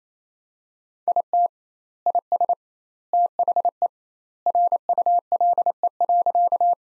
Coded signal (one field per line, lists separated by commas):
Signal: Morse code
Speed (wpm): 28 wpm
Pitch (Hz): 700 Hz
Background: none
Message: IT IS THE RULE.